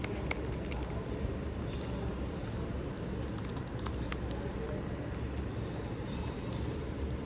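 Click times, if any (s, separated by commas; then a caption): none. A detachable part is fitted into the plastic lock mechanism of a Powerology 20000 mAh multi-plug power bank with wireless and wall charger. Only a steady low rumble and a few brief faint ticks are heard. Nothing has clicked; the lock does not click even though the fit is tight.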